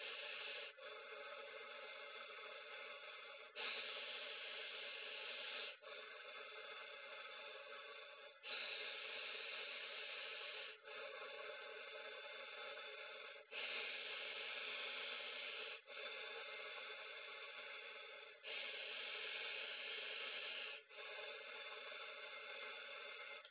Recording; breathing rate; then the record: paced breathing near a phone; 12 breaths a minute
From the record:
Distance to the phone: 20 cm